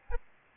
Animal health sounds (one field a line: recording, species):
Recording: mosquito wingbeat signal from an infrared sensor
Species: Aedes albopictus